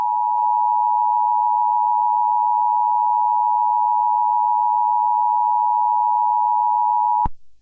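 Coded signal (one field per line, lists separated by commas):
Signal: Emergency Alert System (SAME) tones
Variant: 853 and 960 Hz attention tone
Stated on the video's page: Fictional alert scenario, not a real broadcast.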